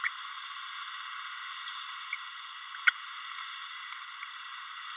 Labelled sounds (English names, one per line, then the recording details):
Green-rumped Parrotlet babbling
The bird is a female
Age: 30 days
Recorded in a nest box in Venezuela
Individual 17B32A7